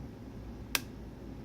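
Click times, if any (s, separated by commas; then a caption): 0.8 s. A finger pushes the small one-way interlock switch inside a nasal irrigator's pod chamber up until it clicks into place. There is a single sharp, bright click at 0.8 s against a quiet background, and the switch is set.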